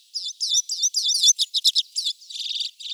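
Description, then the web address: Common redpoll calls: high, buzzy, twittering notes in quick bursts, then sharp chips, ending in a rapid dry buzzy trill. "Carduelis flammea"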